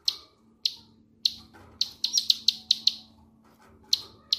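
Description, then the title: Bird chirps: sharp high notes repeated irregularly, some in quick clusters, with a faint low hum beneath. "Kicau Burung"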